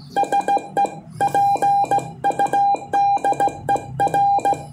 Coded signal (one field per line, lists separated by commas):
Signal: Morse code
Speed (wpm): 17 wpm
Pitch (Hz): 800 Hz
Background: music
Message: SE PUDER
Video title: QRP 5W COM ANTENA MAGLOOP